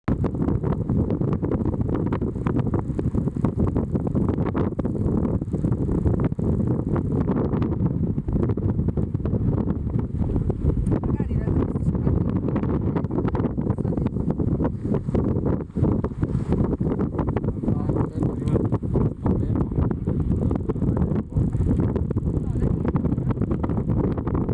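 Wind over the desert dunes blows in a steady, dense low roar, buffeting the microphone throughout with frequent gusty thumps and little variation.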